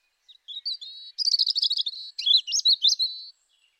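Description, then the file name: European robin song: sweet thin whistles building into a fast stuttering twitter, then looping, wavering high notes before stopping. "Erithacus rubecula"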